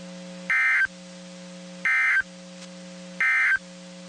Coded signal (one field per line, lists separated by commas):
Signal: Emergency Alert System (SAME) tones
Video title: EAS 2409-2416 (10/4 & 10/5/23)